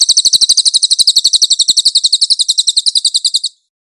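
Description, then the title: Pygmy Bushtit singing a fast, high-pitched chattering trill that runs steadily for three and a half seconds before cutting off. "SUARA BURUNG CILILIN"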